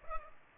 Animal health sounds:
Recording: mosquito wingbeat signal from an infrared sensor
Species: Culex pipiens

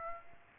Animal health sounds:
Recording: mosquito wingbeat signal from an infrared sensor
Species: Aedes aegypti

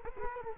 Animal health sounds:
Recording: mosquito wingbeat signal from an infrared sensor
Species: Culex quinquefasciatus

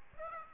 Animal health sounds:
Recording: mosquito wingbeat signal from an infrared sensor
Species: Aedes aegypti

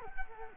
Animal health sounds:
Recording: mosquito wingbeat signal from an infrared sensor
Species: Culex quinquefasciatus

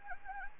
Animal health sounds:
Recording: mosquito wingbeat signal from an infrared sensor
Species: Anopheles gambiae

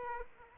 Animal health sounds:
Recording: mosquito wingbeat signal from an infrared sensor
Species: Aedes aegypti

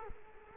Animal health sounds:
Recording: mosquito wingbeat signal from an infrared sensor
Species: Culex quinquefasciatus

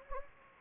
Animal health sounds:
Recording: mosquito wingbeat signal from an infrared sensor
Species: Anopheles gambiae

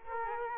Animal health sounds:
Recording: mosquito wingbeat signal from an infrared sensor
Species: Aedes aegypti

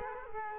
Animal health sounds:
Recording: mosquito wingbeat signal from an infrared sensor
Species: Culex quinquefasciatus

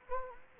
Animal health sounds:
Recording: mosquito wingbeat signal from an infrared sensor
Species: Anopheles gambiae

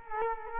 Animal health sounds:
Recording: mosquito wingbeat signal from an infrared sensor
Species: Culex quinquefasciatus

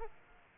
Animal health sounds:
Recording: mosquito wingbeat signal from an infrared sensor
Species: Aedes aegypti

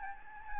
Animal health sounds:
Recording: mosquito wingbeat signal from an infrared sensor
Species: Aedes albopictus

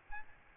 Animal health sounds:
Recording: mosquito wingbeat signal from an infrared sensor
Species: Aedes albopictus

